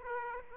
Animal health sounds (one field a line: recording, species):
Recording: mosquito wingbeat signal from an infrared sensor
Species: Aedes aegypti